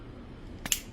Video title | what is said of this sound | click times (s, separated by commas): Haslab Liokaiser Official Unboxing and combination | There we go. Now that I've heard the click bend the feet. | 0.7 s